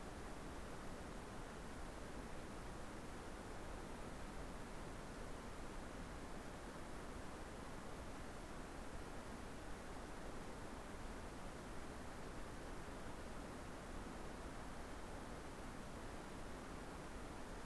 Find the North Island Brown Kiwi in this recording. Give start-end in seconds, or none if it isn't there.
none